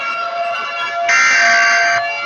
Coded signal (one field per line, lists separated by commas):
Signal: Emergency Alert System (SAME) tones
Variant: header bursts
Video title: EAS scenario: selever.exe mid fight masses crew's revenge